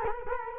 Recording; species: mosquito wingbeat signal from an infrared sensor; Culex quinquefasciatus